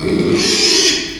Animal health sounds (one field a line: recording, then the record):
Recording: squeal of a Yucatan mini pig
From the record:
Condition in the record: after surgery on the right vocal fold (resection and tissue-engineered implant)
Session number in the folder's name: 2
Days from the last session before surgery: 13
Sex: male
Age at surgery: 12 weeks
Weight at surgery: 13 kg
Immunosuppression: cyclosporine, prednisolone